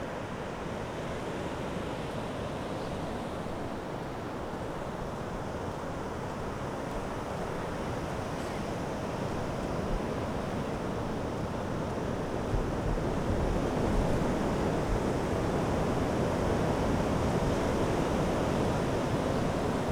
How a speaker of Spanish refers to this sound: Se escucha todo. Vale, ¿eh? Se escucha mucho más ahora. El mar, ahora sí.